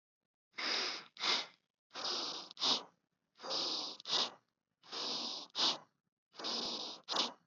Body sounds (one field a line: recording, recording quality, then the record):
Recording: deep breathing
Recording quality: excellent, no background noise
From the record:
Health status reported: exposed to COVID-19, no respiratory illness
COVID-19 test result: negative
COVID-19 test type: RT-PCR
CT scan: not taken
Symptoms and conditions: none ticked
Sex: male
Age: 22 years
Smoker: no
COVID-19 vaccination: both doses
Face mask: not worn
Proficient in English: yes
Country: India